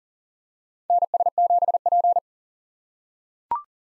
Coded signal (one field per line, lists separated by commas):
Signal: Morse code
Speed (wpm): 37 wpm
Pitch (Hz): 700 Hz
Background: none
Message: NS7P